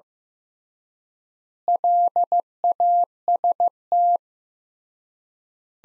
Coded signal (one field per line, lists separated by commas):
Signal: Morse code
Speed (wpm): 16 wpm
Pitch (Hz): 700 Hz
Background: none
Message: LAST